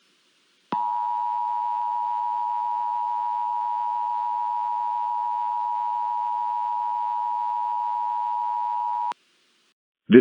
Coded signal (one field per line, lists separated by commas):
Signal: Emergency Alert System (SAME) tones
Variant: 853 and 960 Hz attention tone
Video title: EAS Scenario #5: Hypernado (Halloween Special!)